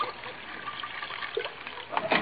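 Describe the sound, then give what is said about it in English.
A short trickle of cognac being poured into a dish, a soft steady dribble with a few brighter splashes near the end, fairly quiet overall. “I'll pour a little into your dish.”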